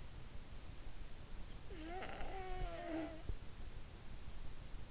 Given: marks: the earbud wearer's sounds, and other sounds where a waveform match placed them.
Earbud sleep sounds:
sounds in sleep by an in-ear microphone; snoring breath
1.76-3.56 s: snoring breath

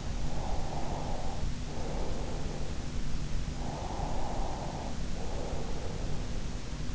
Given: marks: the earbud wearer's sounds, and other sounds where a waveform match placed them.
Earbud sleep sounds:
sounds in sleep by an in-ear microphone; breath
0.51-2.59 s: breath
3.75-6.38 s: breath

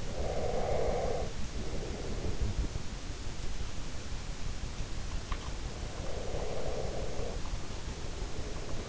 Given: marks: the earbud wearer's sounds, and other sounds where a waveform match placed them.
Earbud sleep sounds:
sounds in sleep by an in-ear microphone; breath
0.03-2.66 s: breath
5.98-8.89 s: breath

